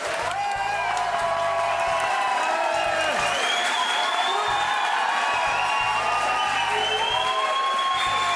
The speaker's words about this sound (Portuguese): Tá, então vamos começar com aplausos. Quando eu falar, todo mundo aplaude pra valer. Ok, pode gritar, pode falar viva, o que você quiser.